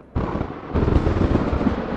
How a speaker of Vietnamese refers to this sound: Một tiếng sấm động giữa trời đêm ngay vào thời điểm này khiến cho gia đình tôi thêm phần sợ hãi. Từng tia sét theo nhau mà nhá lên từng tia ngang dọc, như thể muốn xé toạc cả một vùng trời rộng lớn mới lúc nãy thôi vẫn còn rất đỗi yên bình.